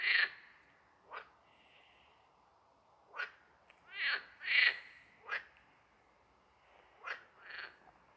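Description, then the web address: Edible frog giving repeated harsh, rattling croaks of varied length, some longer and pulsed, spaced irregularly across the recording with soft quieter notes between. "Amphibien Froschlurche Stimmen. Andreas Zahn Teichfrosch"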